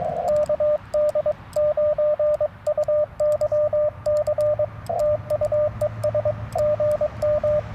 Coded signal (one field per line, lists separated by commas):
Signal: Morse code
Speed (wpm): 23 wpm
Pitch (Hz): 590 Hz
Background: radio noise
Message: KD9UYC TU ES GM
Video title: Morning Morse Code at Tuskegee National Forest K-4451 - 12/27/23